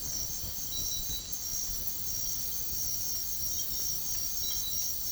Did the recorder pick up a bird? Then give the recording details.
no. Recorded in secondary vegetation near Puerto Asís, Putumayo, Colombia, on 24 March 2025 at 04:00. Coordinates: 0.489, -76.322. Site G042